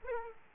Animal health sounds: mosquito wingbeat signal from an infrared sensor; Aedes aegypti

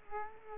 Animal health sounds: mosquito wingbeat signal from an infrared sensor; Culex quinquefasciatus

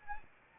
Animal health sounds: mosquito wingbeat signal from an infrared sensor; Anopheles arabiensis

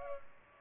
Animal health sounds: mosquito wingbeat signal from an infrared sensor; Culex pipiens

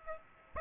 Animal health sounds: mosquito wingbeat signal from an infrared sensor; Aedes aegypti

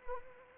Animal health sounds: mosquito wingbeat signal from an infrared sensor; Anopheles arabiensis

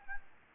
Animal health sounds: mosquito wingbeat signal from an infrared sensor; Anopheles gambiae

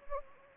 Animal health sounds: mosquito wingbeat signal from an infrared sensor; Anopheles gambiae

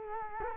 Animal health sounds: mosquito wingbeat signal from an infrared sensor; Culex quinquefasciatus

